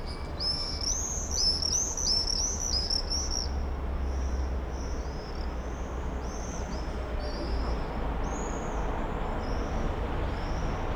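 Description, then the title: Common swift screams, shrill high buzzy bursts in quick overlapping series for the first few seconds, then thinner, fainter screams, over steady low rumble. Summer evening in a backyard in Bytom, Poland; many swifts circling; recorded with Zoom F4 and AT BP4025. "Zygmunta Starego 3, Bytom, Poland - Backyard swifts"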